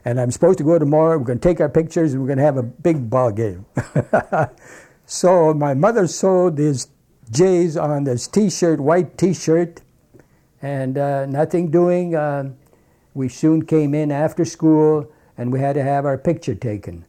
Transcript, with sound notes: And I'm supposed to go tomorrow, we're going to take our pictures, and we're going to have a big ball game. (he laughs) So my mother sewed thee J's on this T-shirt, white T-shirt, and, uh, nothing doing, we soon came in after school and we had to have our picture taken.